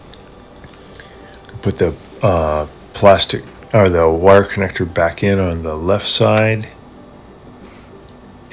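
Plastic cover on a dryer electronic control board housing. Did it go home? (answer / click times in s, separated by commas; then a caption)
yes / 1.0 s. The plastic top cover of a Frigidaire dryer's electronic control board housing, opened to fix an annoying beep, is pressed shut and snaps into place with a sharp click at 1.0 s. A softer sound follows at 1.5 s, then someone talks for the rest of the clip. The cover is seated.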